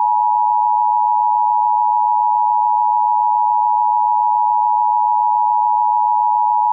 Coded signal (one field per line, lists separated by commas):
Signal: Emergency Alert System (SAME) tones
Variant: 853 and 960 Hz attention tone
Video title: EAS Classic: Windows XP EAS Test